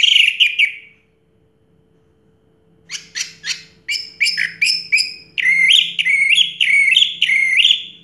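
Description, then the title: Orange-headed thrush giving a whistled phrase, a pause, then a rhythmic series of sharp repeated notes building into rolling whistles. Used to prompt a silent bird to sing. "Anis Merah Macet.. Pancing Dengan Suara Ini.. # Anis Merah"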